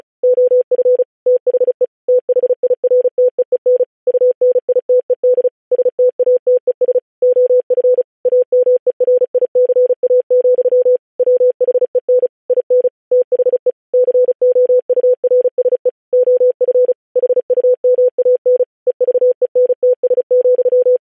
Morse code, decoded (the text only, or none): OF THE THIRTEEN UNITED STATES OF AMERICA, WHEN IN THE COURSE OF HUMAN EVENTS,